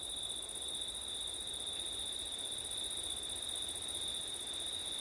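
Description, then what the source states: Cricket chorus of dense, even high-pitched trills sustained without interruption through the short stretch. Crickets at night in September, with wind; ORTF stereo recording.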